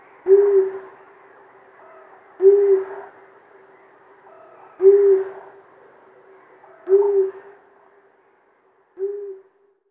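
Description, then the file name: Long-eared owl calling a deep, short hoot again and again, five notes spaced roughly two seconds apart, the last one softer. Male voice. "Asio-otus hlas-samce"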